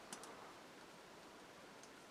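A small plastic model piece with a protruding peg is handled against its hole on a starship model hull (Enterprise D kit), giving a brief sharp tick at 0.1 s over steady hiss, with faint ticks near 0.2 s and 1.8 s. Nothing has seated yet; the part has not gone home by the end of the clip.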